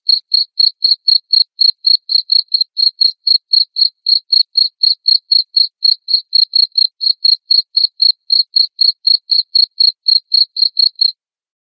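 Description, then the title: Cricket giving a steady train of sharp, high chirps at about four per second, stopping just before the end. Loud cricket chirping (ngerik) played to make lovebirds keep singing (ngekek). "Suara JANGKRIK NGERIK Keras Bikin LOVEBIRD Jadi NGEKEK Terus Vubey"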